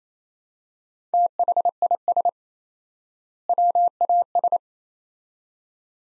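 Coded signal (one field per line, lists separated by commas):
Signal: Morse code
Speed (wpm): 28 wpm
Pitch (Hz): 700 Hz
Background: none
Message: THIS WAS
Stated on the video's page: 28 wpm Morse drill of two-word sets at 4x word spacing, a Farnsworth-like method; each set is sent, spoken, then sent again.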